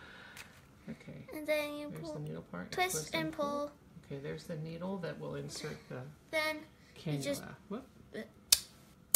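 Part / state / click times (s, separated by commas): plunger of an infusion port insertion device / seated / 8.5 s, 9.2 s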